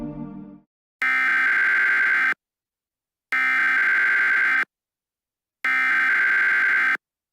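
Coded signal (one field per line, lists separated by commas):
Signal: Emergency Alert System (SAME) tones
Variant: header bursts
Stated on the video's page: Fictional EAS scenario.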